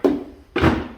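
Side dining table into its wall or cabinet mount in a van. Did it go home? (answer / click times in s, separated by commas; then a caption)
yes / 0.1 s. A fold-out side dining table is fitted into its wall or cabinet mount inside a Ford Transit Connect campervan. A short, solid thunk at 0.1 s is followed by a second knock at about 0.6 s. The table locks into place.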